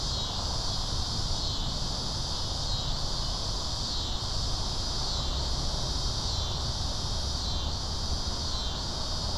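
Cicada buzzing as a continuous high drone with soft periodic dips, over heavy low-frequency background rumble.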